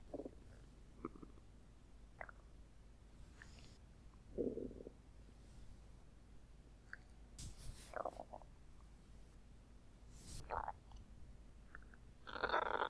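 An adult's tummy grumbling: irregular, scattered gurgles and rumbles of bowel sound with quiet stretches between, and a louder burst at the end.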